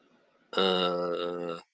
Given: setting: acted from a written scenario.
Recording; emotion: vocal sound without words; confusion